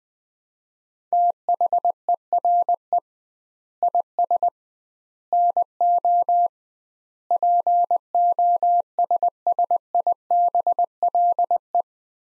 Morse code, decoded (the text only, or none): THERE IS NO POSSIBLE